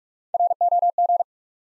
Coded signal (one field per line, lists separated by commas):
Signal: Morse code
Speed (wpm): 46 wpm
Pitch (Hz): 700 Hz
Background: none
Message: ROG